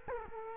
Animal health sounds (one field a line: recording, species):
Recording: mosquito wingbeat signal from an infrared sensor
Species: Culex quinquefasciatus